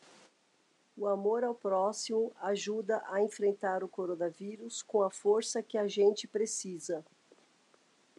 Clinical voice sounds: spoken sentence; Brazilian Portuguese; female; 40 to 49 years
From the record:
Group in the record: control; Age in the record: 48 years

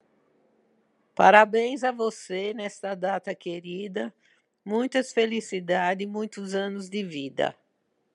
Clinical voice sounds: short text; Brazilian Portuguese; female; 60 to 69 years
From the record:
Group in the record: control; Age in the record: 69 years

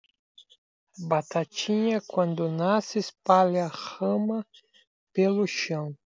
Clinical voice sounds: short text; Brazilian Portuguese; male; 40 to 49 years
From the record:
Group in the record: control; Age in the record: 43 years

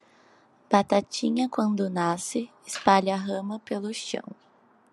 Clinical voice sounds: short text; Brazilian Portuguese; female; 20 to 29 years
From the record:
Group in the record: control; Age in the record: 21 years

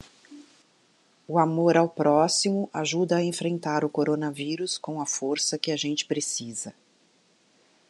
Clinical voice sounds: spoken sentence; Brazilian Portuguese; female; 60 to 69 years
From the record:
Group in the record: control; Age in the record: 60 years

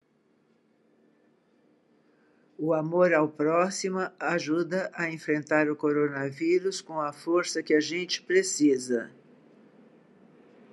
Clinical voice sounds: spoken sentence; Brazilian Portuguese; female; 70 to 79 years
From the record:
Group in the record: control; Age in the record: 71 years

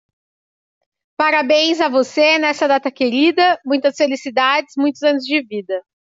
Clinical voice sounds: short text; Brazilian Portuguese; female; 30 to 39 years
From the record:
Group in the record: control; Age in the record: 37 years

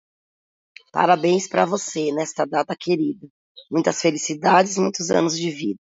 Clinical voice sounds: short text; Brazilian Portuguese; female; 40 to 49 years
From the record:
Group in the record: control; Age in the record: 44 years

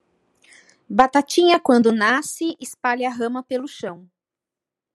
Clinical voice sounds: short text; Brazilian Portuguese; female; 50 to 59 years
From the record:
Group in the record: control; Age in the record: 50 years

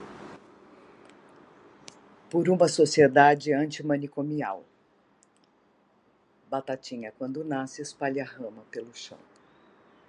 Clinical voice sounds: short text; Brazilian Portuguese; female; 60 to 69 years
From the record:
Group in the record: control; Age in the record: 60 years

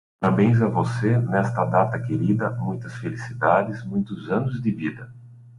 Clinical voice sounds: short text; Brazilian Portuguese; male; 40 to 49 years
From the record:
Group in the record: control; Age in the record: 43 years

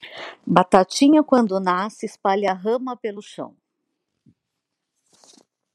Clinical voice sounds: short text; Brazilian Portuguese; female; 50 to 59 years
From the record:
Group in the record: control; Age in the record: 51 years

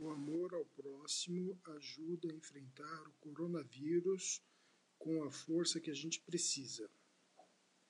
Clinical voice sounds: spoken sentence; Brazilian Portuguese; male; 40 to 49 years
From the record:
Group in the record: control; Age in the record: 46 years

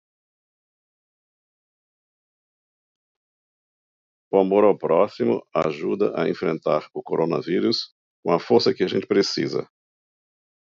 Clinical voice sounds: spoken sentence; Brazilian Portuguese; male; 60 to 69 years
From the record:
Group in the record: control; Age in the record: 66 years

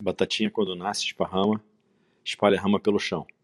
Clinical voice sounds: short text; Brazilian Portuguese; male; 50 to 59 years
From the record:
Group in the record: control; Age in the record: 53 years

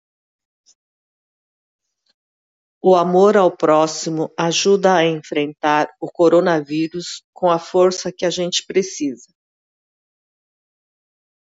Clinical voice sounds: spoken sentence; Brazilian Portuguese; female; 60 to 69 years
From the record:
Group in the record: control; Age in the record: 62 years

